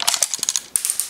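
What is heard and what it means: The magazine release tab on a Cybergun M14 Socom airsoft electric rifle is pressed forward and the magazine is rolled out of the magazine well, with a few light rattling clicks first. A sharp release click comes at 0.8 s, followed by softer clatter, and the magazine is unlatched.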